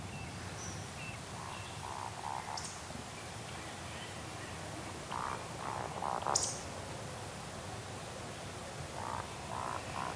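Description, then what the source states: Eurasian Woodcock roding calls: soft, low croaking grunts in short groups, with a sharp, thin high squeak twice, over a steady background hiss. Calls given during the spring display flight; arrives in late March or early April; rarely seen, revealed by its flight and flight sounds; rendered as "pist ort ort".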